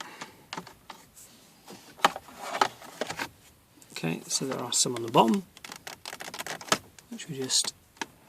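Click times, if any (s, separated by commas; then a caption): none. A plastic clip on the bottom of a Ford C-Max instrument cluster cover is handled against the cluster body during a repair, with short sharp plastic ticks and taps while someone talks. Nothing has seated or clicked yet; the clip is not yet home.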